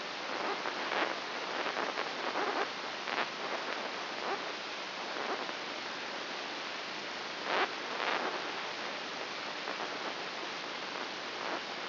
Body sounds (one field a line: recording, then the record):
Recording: brain microelectrode recording played as sound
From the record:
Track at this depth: inside the subthalamic nucleus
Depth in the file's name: 3.402 mm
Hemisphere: right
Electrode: 2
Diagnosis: Parkinson's disease